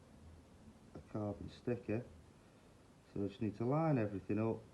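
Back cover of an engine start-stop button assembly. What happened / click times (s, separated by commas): The plastic cover is being lined up but has not clipped home yet / none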